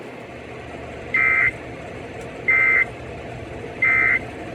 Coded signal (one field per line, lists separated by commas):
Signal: Emergency Alert System (SAME) tones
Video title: Severe Thunderstorm Warning on WWG57 || 8-1-24 (EAS #2,956)